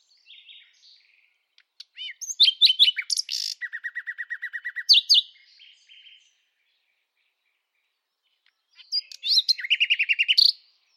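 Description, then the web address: Bird singing a varied twittering phrase with a buzzy run of quick repeated notes. A pause follows, then another bright trilled phrase. "Deverinetal 2025 File origin Bird Only"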